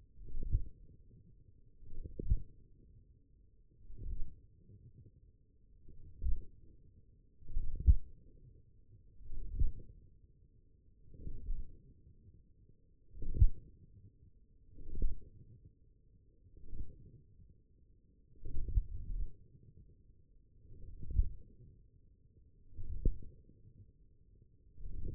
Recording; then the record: forearm muscle sounds (acoustic myography)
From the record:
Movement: wrist extension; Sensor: system 1, eight BSWA MPA416 microphones around the upper forearm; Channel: 3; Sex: male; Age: 42 years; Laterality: right